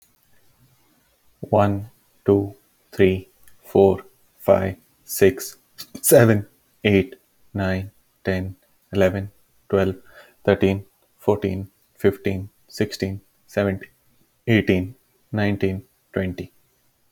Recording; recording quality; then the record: counting at a normal pace; excellent, no background noise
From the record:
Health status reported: healthy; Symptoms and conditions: none ticked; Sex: male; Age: 29 years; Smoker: not ticked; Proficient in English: yes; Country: United States